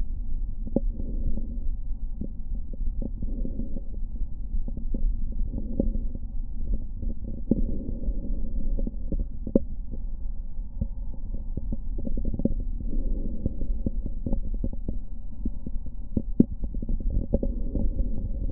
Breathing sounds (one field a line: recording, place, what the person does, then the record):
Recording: lung sounds by stethoscope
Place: left anterior apical chest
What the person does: quiet breathing, then deep breathing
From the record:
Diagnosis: interstitial lung disease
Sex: female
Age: 53 years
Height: 168 cm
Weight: 108 kg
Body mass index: 38.3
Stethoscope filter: diaphragm mode